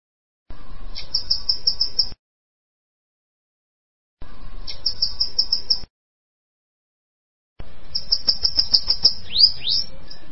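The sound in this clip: Bananaquit song: three bursts of rapid, very high sibilant notes separated by pauses, the last burst ending in quick falling slurs over a low background hiss.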